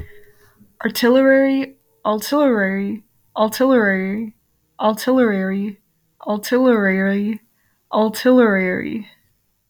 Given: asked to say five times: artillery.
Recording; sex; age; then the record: repeated word; female; 20 to 29 years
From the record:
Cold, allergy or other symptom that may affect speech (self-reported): no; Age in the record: 21 years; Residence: Texas, United States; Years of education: 15